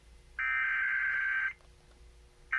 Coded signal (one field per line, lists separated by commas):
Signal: Emergency Alert System (SAME) tones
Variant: header bursts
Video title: Tornadoes, Squall lines and Monthly Tests 2 Day EAS Timeline Northwest Minnesota and the Dakotas